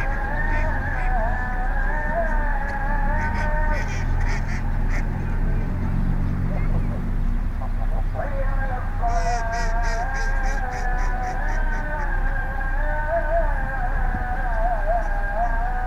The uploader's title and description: Pamukkale prayer call and ducks. Recorded at Pamukkale near a duck pond